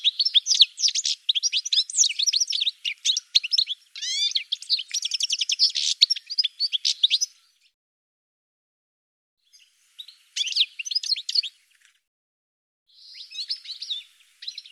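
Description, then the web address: Bird calls: dense, rapid twittering of high chirps and sweeping notes for seven seconds, then silence, then two shorter chattering bursts. "cianscape birddata Deverinetal 2025 File cleaned normalized Bird"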